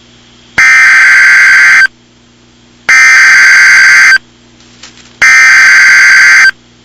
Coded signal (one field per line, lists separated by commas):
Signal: Emergency Alert System (SAME) tones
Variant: header bursts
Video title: EAS Mock Scenario: Ninja Invasion